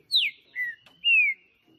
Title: TRINCA Piando, Cantando E Macheando Na DISPUTA. Trinca Ferro CANTANDO MUITO de CARA em CIMA do TELHADO! Disputa. TRINCA JUSTICEIRO & FBI